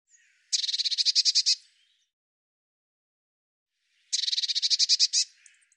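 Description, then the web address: Eurasian blue tit calling: two harsh, buzzy churring bursts of rapid pulses, each about a second long, separated by a few seconds of quiet. "cianscape birddata Deverinetal 2025 File cleaned normalized Bird Cy Ca"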